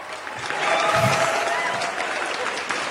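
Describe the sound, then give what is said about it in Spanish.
Sustained applause from an audience as the program director presents the gold PI award to the president, a dense, steady clatter of many hands clapping at a loud, even level throughout, with faint voices mixed into the crowd. “Como pueden comprobar, el aplauso es más fuerte.”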